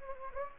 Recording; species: mosquito wingbeat signal from an infrared sensor; Anopheles gambiae